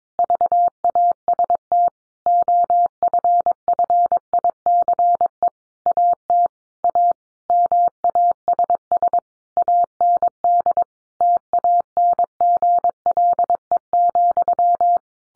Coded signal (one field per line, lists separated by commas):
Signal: Morse code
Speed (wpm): 22 wpm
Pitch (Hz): 700 Hz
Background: none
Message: VAST OFFICE AT A MASS AND TANGLE,